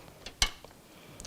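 A PCIe Wi-Fi card that was not fully seated, and whose cable had fallen out, is reconnected and pushed back into the motherboard's PCIe slot. A single sharp knock at 0.4 s marks the card seating fully, with a few fainter taps before and after. The card is seated.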